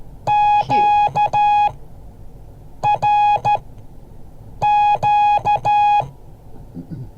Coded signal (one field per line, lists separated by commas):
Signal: Morse code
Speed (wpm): 13 wpm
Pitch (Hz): 830 Hz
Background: none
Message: QRQ